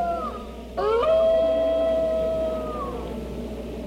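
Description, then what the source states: Wolf howls: an earlier voice fades, then a new howl swoops sharply upward and holds a long level tone. Several wolves baying.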